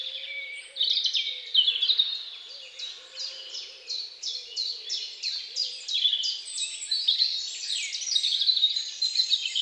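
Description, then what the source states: Bird song of fast, high descending notes, with short low notes repeated underneath. Birds singing at dawn.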